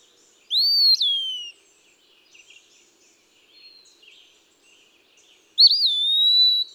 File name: Eastern Wood-pewee